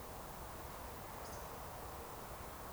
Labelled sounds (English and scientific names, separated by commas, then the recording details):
Eurasian Woodcock (Scolopax rusticola) whistle
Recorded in Baden-Württemberg, Germany, on 14 June 2020 at 20:19 UTC
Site 43791, 788 m above sea level